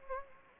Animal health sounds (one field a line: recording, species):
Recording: mosquito wingbeat signal from an infrared sensor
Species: Anopheles gambiae